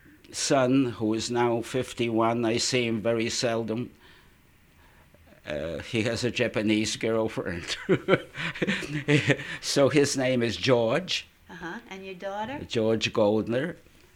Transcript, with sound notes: son, who is now fifty-one, I see him very seldom. He has a Japanese girlfriend. ( he laughs ) So his name is George.
Uh-huh. And your daughter?
George Goldner.